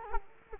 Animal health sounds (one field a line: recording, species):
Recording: mosquito wingbeat signal from an infrared sensor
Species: Culex quinquefasciatus